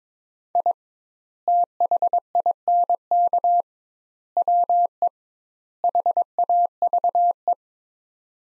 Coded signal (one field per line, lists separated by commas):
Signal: Morse code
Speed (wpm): 22 wpm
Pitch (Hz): 700 Hz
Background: none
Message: I THINK WE HAVE